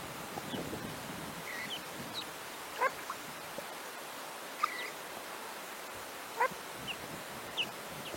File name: Canto do pato de cauda afilada